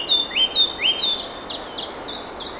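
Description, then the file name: Eurasian blackcap song, a run of clear fluty whistles, some rising and sliding, over steady soft background noise. "Sylvia atricapilla"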